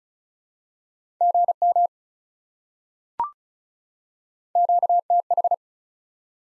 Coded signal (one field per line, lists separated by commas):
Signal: Morse code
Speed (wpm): 36 wpm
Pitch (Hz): 700 Hz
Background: none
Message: GM QTH